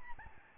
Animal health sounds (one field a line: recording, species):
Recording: mosquito wingbeat signal from an infrared sensor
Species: Aedes albopictus